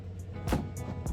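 The cab air conditioning filter cover is handled on a John Deere 4x4 mower, being closed over the new A/C filter in its sealed housing in the mower cab. Music plays throughout, with short knocks of handling near 0.5 s and 1.1 s. Nothing has latched or clicked into place yet.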